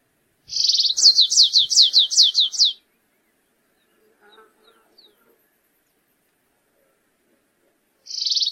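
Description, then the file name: Stripe-tailed yellow finch gives one full song, a high buzzing trill leading into a string of rapid down-slurred notes. A new phrase begins at the very end. "canto do canario rasteiro"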